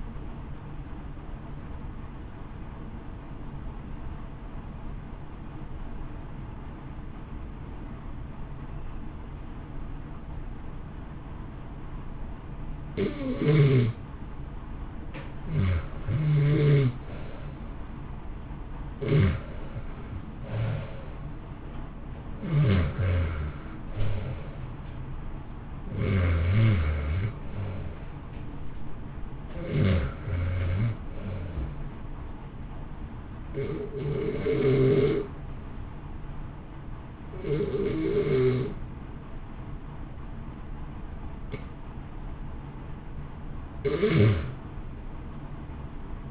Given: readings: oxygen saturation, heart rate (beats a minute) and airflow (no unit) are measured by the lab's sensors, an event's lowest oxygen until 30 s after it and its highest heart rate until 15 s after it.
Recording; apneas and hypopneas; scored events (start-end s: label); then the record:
breathing in sleep by a smartphone at the bedside; 1
7.00-29.50 s: hypopnea (REM, oxygen 91% highest, then 79% lowest, heart rate 57 at the start, 70 highest)
From the record:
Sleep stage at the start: REM sleep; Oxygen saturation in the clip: 80 to 91%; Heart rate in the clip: 57 to 70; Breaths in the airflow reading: 13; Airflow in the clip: -1.2 to 2.0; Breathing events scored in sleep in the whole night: 328 in 6.3 hours asleep